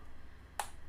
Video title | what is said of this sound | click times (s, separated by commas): How To Replace Damaged Display Trim Rubber Dell E6540 E7240 Latitude Laptop | You'll hear it snap. Very satisfying. | 0.6 s